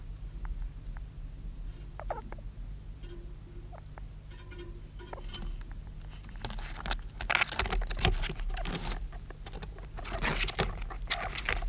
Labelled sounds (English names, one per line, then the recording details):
European Mole call
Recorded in captivity
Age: juvenile
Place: Zoologisches Institut der HUB, Berlin, DE
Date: 1967-04-02
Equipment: SJ 103/2, Studioband Agfa PE 22
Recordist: Tembrock, Günter